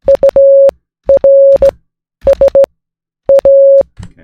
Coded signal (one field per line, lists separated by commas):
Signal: Morse code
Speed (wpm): 15 wpm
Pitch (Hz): 550 Hz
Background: none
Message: URSA